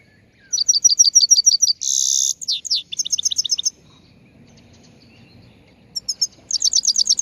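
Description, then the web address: Chegolín song: rapid repeated high chirps, a harsh rasping burst, then more rapid chirps; another chirping phrase returns near the end. Morning song, recorded on the roof of a house. "el canto matutino del chegolin en el tejado de casa"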